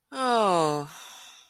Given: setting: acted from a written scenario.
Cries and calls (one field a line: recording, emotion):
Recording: vocal sound without words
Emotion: guilt